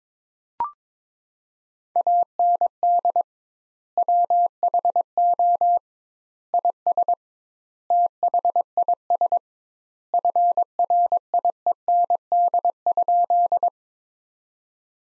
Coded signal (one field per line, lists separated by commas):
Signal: Morse code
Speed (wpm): 22 wpm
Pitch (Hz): 700 Hz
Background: none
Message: AND WHO IS THIS FRIEND?